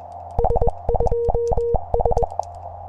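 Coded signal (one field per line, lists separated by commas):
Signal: Morse code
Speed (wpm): 21 wpm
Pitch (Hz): 470 Hz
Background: none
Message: S2S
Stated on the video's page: Morse from SOTA summit activations in the mountains around Big Bear, California.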